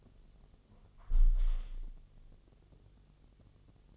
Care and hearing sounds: daily activity, microphone in the room; close window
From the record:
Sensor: 4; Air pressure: 1015.7 hPa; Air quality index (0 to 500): 111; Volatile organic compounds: 2 ppm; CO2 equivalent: 1242 ppm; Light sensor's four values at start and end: 9/20/8/7 and 9/20/8/7

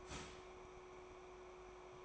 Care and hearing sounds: daily activity, microphone in the room; start toaster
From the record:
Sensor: 1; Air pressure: 1014.7 hPa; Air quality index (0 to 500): 199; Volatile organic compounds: 33 ppm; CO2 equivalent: 3013 ppm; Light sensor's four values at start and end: 3/8/3/3 and 3/8/3/3

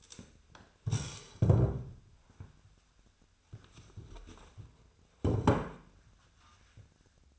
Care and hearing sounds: daily activity, microphone in the room; stand up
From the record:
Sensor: 2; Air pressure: 1007.6 hPa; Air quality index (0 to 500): 180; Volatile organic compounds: 10 ppm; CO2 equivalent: 2208 ppm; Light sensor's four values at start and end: 9/23/9/10 and 9/23/9/10

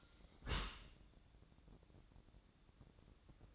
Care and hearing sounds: daily activity, microphone in the room; close dishwasher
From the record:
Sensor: 3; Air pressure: 1012.3 hPa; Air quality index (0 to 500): 166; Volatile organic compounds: 2 ppm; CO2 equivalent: 1270 ppm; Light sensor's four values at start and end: 563/1386/573/575 and 562/1384/572/574

